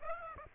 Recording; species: mosquito wingbeat signal from an infrared sensor; Aedes aegypti